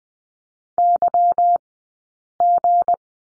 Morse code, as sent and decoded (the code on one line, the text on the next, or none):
-.-- --.
YG